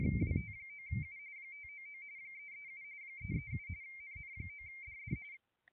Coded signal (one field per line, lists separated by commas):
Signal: RTTY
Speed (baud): 45.45 baud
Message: WT9U 599 337 337 NN9DD